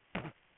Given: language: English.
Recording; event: throat vibration sensor signal played as sound; cough